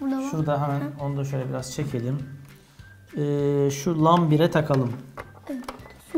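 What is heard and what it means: An RJ45 Ethernet plug on the other end of the cable is handled near a modem's LAN 1 port while someone talks. The clip ends before the plug goes in, so nothing has seated or clicked yet.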